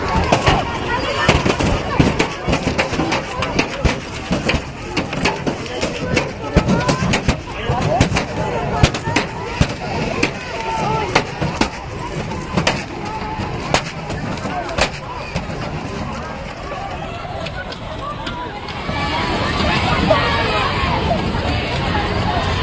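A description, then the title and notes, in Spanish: A street confrontation between feminist protesters and police, with a dense crowd of shouting voices throughout. Sharp bangs and cracks burst out repeatedly, clustered around the first fifteen seconds. Near the end the shouting swells into a louder, steadier roar. Enfrentamiento entre feministas y policías en México.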